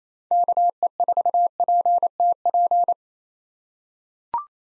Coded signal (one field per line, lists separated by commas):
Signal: Morse code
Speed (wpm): 28 wpm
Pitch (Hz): 700 Hz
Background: none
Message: KE4PTP